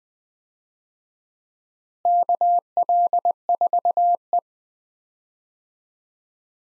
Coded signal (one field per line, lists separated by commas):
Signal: Morse code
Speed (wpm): 20 wpm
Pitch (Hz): 700 Hz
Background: none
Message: KL4E